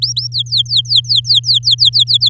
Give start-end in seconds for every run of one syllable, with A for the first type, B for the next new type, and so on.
0.02-0.27 A, 0.32-2.29 B